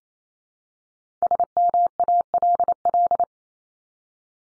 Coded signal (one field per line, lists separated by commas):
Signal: Morse code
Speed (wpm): 28 wpm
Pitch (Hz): 700 Hz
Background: none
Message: SMALL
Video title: Multi-letter Phonemes Repeated 3x 28wpm